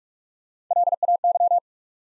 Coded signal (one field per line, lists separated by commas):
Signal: Morse code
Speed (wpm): 44 wpm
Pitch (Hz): 700 Hz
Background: none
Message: LAY